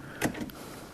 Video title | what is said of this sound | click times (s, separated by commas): How To Install BMW E39 5-Series Door Lock Cylinder 1995 - 2003 | as you can see it snaps right in | 0.2 s